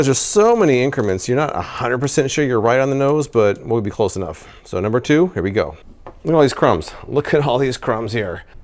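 Someone talks while handling a toaster before pushing its carriage lever down into its down-lock, a lever that doesn't lock smoothly and has to be forced in. Nothing has seated or clicked yet, and no distinct mechanical sounds stand out from the speech.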